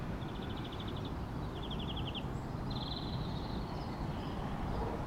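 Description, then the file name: Common chaffinch song phrases: three short, rapid high trills of repeated notes over steady low rumbling noise. "Fringilla coelebs"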